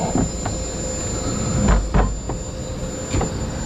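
The rear latch of a removable targa roof panel on a 2016 C7 Corvette is turned until the panel locks into place. A single dull hit sounds at 1.9 s over a steady background hum with a high, constant tone. The panel is seated and locked.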